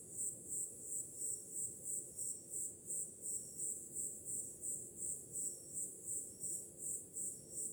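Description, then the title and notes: Cricket: steady, high, rhythmic chirping at nearly three pulses per second over a gentle low background of surf. On a summer night, with ocean sounds in the background. "Som do mar ao fundo, grilos e cigarras em uma noite de verão – Ocean, crickets and cicadas in a summer night"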